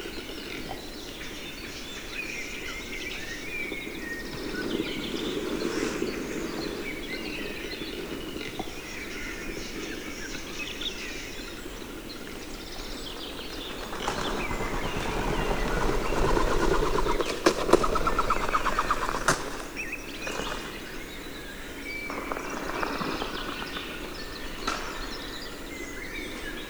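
A capercaillie cock displaying in a spring forest, with sharp clicks near seventeen and nineteen seconds. Scattered bird calls come and go over a steady low rushing background, which swells between roughly fourteen and twenty seconds before settling again.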